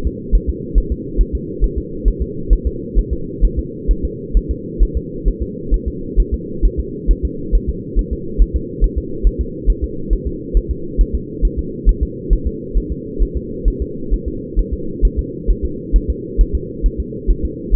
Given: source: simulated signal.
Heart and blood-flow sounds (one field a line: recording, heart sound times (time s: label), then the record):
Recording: fetal heart sounds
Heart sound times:
0.07 s: S2
0.35 s: S1
0.50 s: S2
0.78 s: S1
0.92 s: S2
1.21 s: S1
1.35 s: S2
1.64 s: S1
1.78 s: S2
2.08 s: S1
2.22 s: S2
2.53 s: S1
2.67 s: S2
2.99 s: S1
3.13 s: S2
3.45 s: S1
3.59 s: S2
3.91 s: S1
4.05 s: S2
4.37 s: S1
4.51 s: S2
4.83 s: S1
4.97 s: S2
5.28 s: S1
5.42 s: S2
5.74 s: S1
5.88 s: S2
6.20 s: S1
6.34 s: S2
6.65 s: S1
6.80 s: S2
7.11 s: S1
7.25 s: S2
7.55 s: S1
7.69 s: S2
7.99 s: S1
8.13 s: S2
8.42 s: S1
8.56 s: S2
8.84 s: S1
8.98 s: S2
9.27 s: S1
9.41 s: S2
9.70 s: S1
9.84 s: S2
10.13 s: S1
10.27 s: S2
10.57 s: S1
10.71 s: S2
11.01 s: S1
11.15 s: S2
11.45 s: S1
11.59 s: S2
11.89 s: S1
12.03 s: S2
12.33 s: S1
12.47 s: S2
12.77 s: S1
12.92 s: S2
13.22 s: S1
13.37 s: S2
13.68 s: S1
13.82 s: S2
14.13 s: S1
14.28 s: S2
14.59 s: S1
14.74 s: S2
15.05 s: S1
15.19 s: S2
15.50 s: S1
15.65 s: S2
15.96 s: S1
16.10 s: S2
16.41 s: S1
16.55 s: S2
16.86 s: S1
17.00 s: S2
17.31 s: S1
17.45 s: S2
17.75 s: S1
From the record:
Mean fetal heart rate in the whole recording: 135 bpm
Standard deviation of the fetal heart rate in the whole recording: 3 bpm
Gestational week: 36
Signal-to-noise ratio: -4.3 dB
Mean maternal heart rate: 72 bpm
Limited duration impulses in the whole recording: present